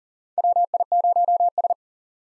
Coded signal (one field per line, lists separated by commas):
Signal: Morse code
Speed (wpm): 40 wpm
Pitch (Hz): 700 Hz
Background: none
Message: WI0S